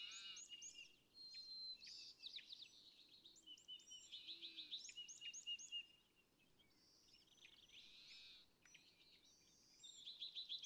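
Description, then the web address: California thrasher song: lively mix of repeated chirps and whistled phrases in bursts, with soft hiss behind. "birdsongforthecurious California Thrasher"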